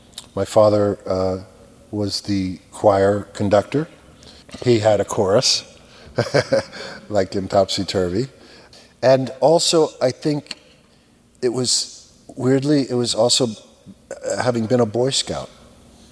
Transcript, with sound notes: My father was the choir conductor. He had a chorus, (laughter) like in "Topsy Turvy." And also, I think, weirdly, it was also having been a Boy Scout.